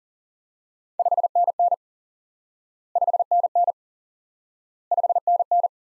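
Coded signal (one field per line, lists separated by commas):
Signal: Morse code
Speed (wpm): 37 wpm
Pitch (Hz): 700 Hz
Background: none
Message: 5NN 5NN 5NN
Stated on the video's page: Morse lesson drilling the single QSO element "5NN" repeatedly for instant word recognition practice.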